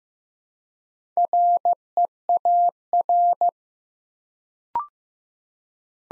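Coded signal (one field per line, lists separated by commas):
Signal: Morse code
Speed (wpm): 15 wpm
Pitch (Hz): 700 Hz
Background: none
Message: REAR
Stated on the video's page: Morse practice at 15 wpm building 4-letter words one letter at a time, for instant character recognition.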